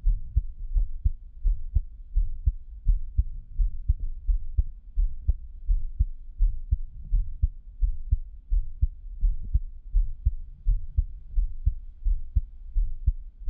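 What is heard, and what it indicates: Steady, soft low thumps repeat at about 85 beats a minute with a regular rhythm and no added noises between beats. This is an ordinary adult heartbeat at a normal resting rate, heard close up with no talking.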